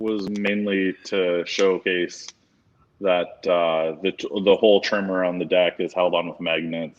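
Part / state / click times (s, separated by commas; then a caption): magnetic trim fascia onto car stereo deck surround / not seated / none. A custom trim fascia that is held on with magnets is handled around a car stereo deck. Someone talks throughout, with a brief pause near the middle. Nothing has seated or clicked yet.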